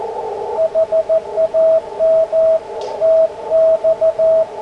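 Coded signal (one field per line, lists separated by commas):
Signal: Morse code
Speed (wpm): 15 wpm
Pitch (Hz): 650 Hz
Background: radio noise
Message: HAM TX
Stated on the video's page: 40 m CW QSO on an ICOM IC-7300, on-air demo.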